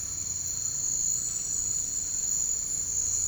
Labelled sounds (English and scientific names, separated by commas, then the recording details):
none
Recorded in dense forest near Puerto Asís, Putumayo, Colombia, on 13 March 2025 at 07:30
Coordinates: 0.485, -76.318
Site G056